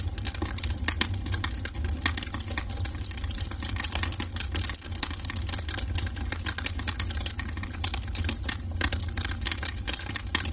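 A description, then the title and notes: Fireplace sounds with dense, irregular crackles and snaps over a steady low hum that holds even for the whole stretch. Binaural Beats, and Fireplace Sounds.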